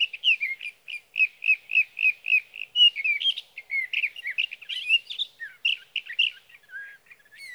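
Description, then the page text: Sage thrasher song starting with rapidly repeated chirps, then flowing into a long, varied, warbling stream of notes. Singing male at his night roost through three nights, evening June 12 to morning June 15, 2018, Sierra Valley, California; night songs recorded with a Swift recorder. "61. Sage thrasher songs, through the night. from the evening of June 12 to the morning of June 15, 2018, in Sierra Valley, California"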